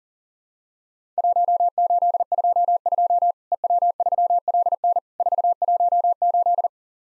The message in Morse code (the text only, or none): 1822 EW3LN 418